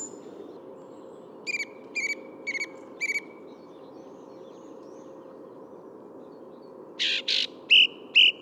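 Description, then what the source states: Song Thrush song: a clear note repeated four times, then a pause and another short phrase of repeated sharp notes, over a low steady rumble. Another song thrush, in the middle of the Bois de Vincennes wood; Thursday 14 February 2019, 8–10:30 am, sunny, 3–4 °C; Nagra Seven, Telinga Pro7.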